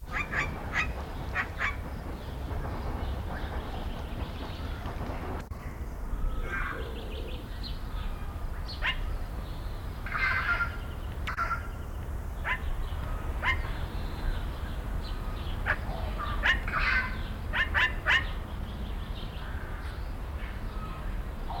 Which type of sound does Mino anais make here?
call